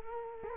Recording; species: mosquito wingbeat signal from an infrared sensor; Culex quinquefasciatus